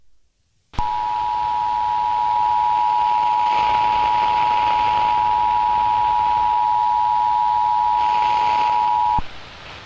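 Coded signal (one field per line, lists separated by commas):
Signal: Emergency Alert System (SAME) tones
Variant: 853 and 960 Hz attention tone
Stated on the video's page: Fictional EAS scenario, not a real alert.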